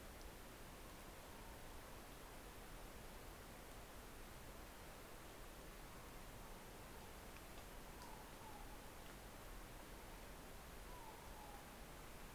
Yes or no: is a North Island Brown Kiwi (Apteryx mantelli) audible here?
no